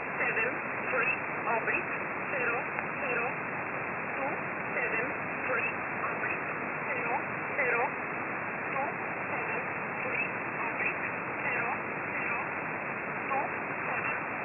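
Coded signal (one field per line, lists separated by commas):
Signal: numbers station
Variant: E11 Oblique, English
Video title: 17 02 2022 Number station E11 Oblique in English to Eu 0930 on 7469 unknown tx site in USB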